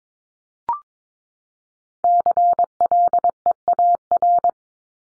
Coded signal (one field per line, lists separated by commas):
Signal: Morse code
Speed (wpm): 22 wpm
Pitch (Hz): 700 Hz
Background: none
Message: CLEAR